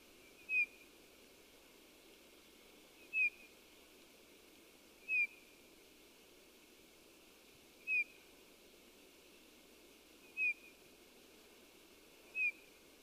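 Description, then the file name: Eurasian bullfinch giving six brief, mellow downslurred whistles, one roughly every two to three seconds, against faint steady background noise. "Pyrrhula pyrrhula"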